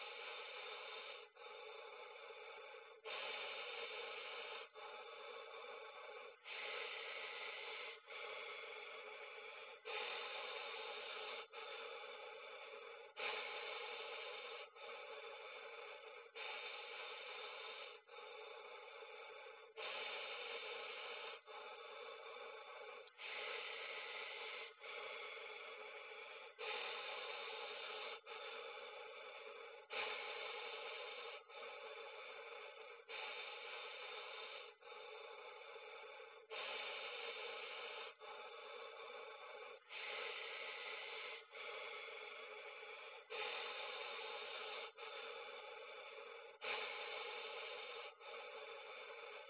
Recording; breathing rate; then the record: paced breathing near a phone; 18 breaths a minute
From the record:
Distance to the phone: 40 cm